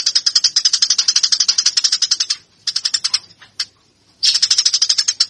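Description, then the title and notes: Eurasian tree sparrow chattering in fast, harsh chirp series, three bursts separated by short pauses and a single sharp note. Eurasian tree sparrow fighting call, local name burung gereja, used as a master track for training birds. "MASTER GEREJA TARUNG. burung gereja"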